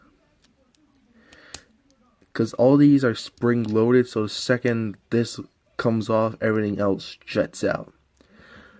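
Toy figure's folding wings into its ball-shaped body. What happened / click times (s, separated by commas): A small plastic part snapped into place / 1.5 s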